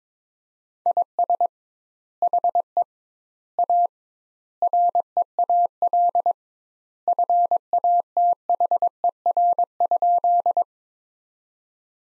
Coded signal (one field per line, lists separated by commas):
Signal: Morse code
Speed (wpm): 21 wpm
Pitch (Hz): 700 Hz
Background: none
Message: IS HE A REAL FATHER?